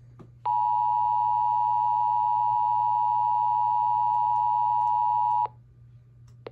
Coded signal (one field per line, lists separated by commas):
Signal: Emergency Alert System (SAME) tones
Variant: 853 and 960 Hz attention tone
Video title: EAS 960: FGF TOR